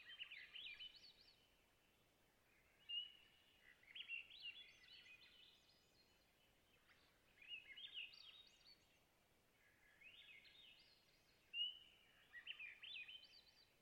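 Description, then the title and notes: Swainson's thrush song, fluted phrases swirling upward, repeated several times, against a soft hiss. Spring twilight, Long Lake, Talkeetna, Alaska; clear boreal taiga lake with white spruce and thick moss beds; 49-61°F, light to no wind. "Swainson's Thrush - Catharus Ustulatus. Location: Long Lake, Talkeetna, AK"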